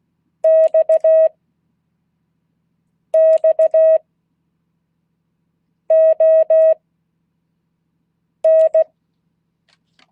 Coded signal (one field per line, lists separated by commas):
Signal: Morse code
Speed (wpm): 16 wpm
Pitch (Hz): 640 Hz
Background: none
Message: XXON